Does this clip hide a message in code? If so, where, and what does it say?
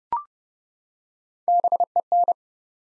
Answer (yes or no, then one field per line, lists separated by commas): yes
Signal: Morse code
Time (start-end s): 1.5-2.3 s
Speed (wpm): 30 wpm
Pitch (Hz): 700 Hz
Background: none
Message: BEN